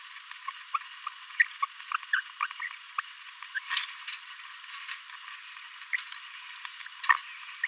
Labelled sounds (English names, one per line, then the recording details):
Green-rumped Parrotlet babbling
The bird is a male
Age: 26 days
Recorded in a nest box in Venezuela
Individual 17B42A3